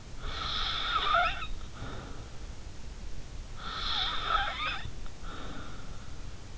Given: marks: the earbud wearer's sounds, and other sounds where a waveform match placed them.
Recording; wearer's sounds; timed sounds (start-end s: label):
sounds in sleep by an in-ear microphone; snoring breath
0.22-2.38 s: snoring breath
3.59-5.91 s: snoring breath